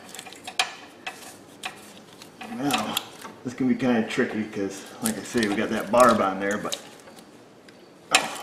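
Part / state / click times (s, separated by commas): power steering return hose onto barbed line fitting / seated / 8.2 s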